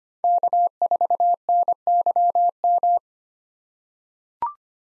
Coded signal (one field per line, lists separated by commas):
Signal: Morse code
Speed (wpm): 25 wpm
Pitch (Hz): 700 Hz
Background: none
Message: K4NYM